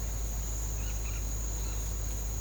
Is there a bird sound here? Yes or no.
no